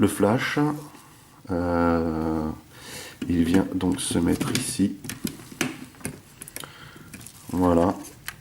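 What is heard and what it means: Someone talks while fitting a small plastic flash accessory onto an FT-11 Spotter transforming robot figure in its camera mode, with light handling taps and clicks from about 5.3 s onward. The flash has not seated or clicked into place yet.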